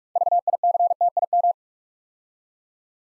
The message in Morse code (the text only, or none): VICTIM